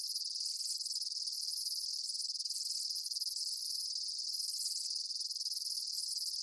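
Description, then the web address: Insects chirping in a dense, continuous high-pitched buzz, rapid pulses blending into a steady wall of sound. Daytime insect ambience, chirping bugs. "Blast Wave Amb Day Insects. animal ambience insects chirps day bugs"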